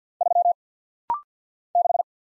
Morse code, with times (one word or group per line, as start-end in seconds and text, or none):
0.2-0.5 3
1.8-2.0 6